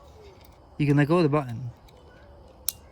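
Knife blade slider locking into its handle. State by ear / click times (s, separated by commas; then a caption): seated / 2.7 s. A girl presses the button on an out-the-front style knife and pulls the slider all the way down, while someone talks briefly in a quiet setting. After she lets go of the button, a single sharp click sounds at 2.7 s as the blade slider locks into position in its handle.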